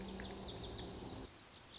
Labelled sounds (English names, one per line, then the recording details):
Lazuli Bunting
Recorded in Sonoma County, California